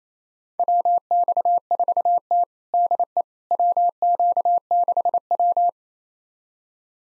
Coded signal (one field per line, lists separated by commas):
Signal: Morse code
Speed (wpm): 28 wpm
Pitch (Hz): 700 Hz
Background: none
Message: WX4T DE WQ6W